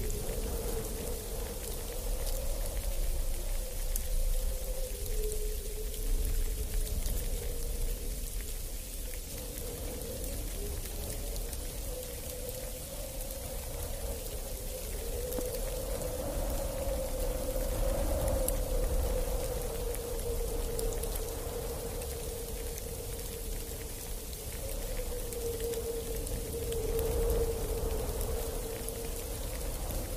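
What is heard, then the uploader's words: A snowstorm blows across a mountainside in a dense, unbroken hiss of wind-driven snow. A mid-pitched howl wavers through the whole stretch, swelling slightly around the middle and near the end, over a low steady rumble. Artic Wind: ambient soundscape for sleep or D&D. A mountainside in the middle of a blistering snow storm.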